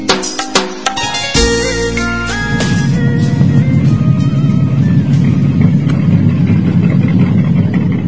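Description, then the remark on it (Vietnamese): A boat engine chugs in a steady, low, continuous rumble that settles in after a few seconds of irregular clattering and knocks at the start, heard before dawn in thick fog. No voices are heard. “Bỗng có tiếng xình xịch nho nhỏ.”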